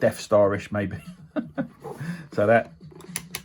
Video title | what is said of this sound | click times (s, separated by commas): Previous & Current Wooden Omega boxes + something more 'Force'ful | So that clicks back in there. | 3.2 s, 3.4 s